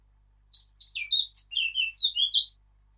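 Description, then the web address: Eurasian blackcap song, a fast, continuous warble of high fluty notes tumbling up and down for two seconds against silence. "birdsong Sylvia atricapilla"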